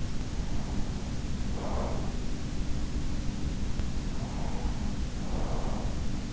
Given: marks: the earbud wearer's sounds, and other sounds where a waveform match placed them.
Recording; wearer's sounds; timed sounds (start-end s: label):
sounds in sleep by an in-ear microphone; breath
0.04-2.41 s: breath
3.70-6.16 s: breath